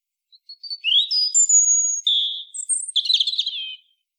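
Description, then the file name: European robin song: a varied phrase of pure sustained whistles at different pitches, some sliding down, ending in a rich rattling trill. "Erithacus rubecula"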